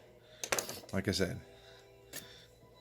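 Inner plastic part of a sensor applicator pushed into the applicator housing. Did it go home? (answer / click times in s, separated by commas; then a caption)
yes / 0.4 s, 0.5 s. During disassembly of a used Dexcom G6 glucose sensor applicator, an inner plastic piece is pushed up inside the plastic housing until it clicks into place. Short, sharp plastic clicks land at 0.4 s and 0.5 s, followed by a few quicker hits, and then someone talks. The piece is seated.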